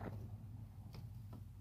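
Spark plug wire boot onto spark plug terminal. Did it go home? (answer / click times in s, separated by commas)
yes / 1.0 s, 1.3 s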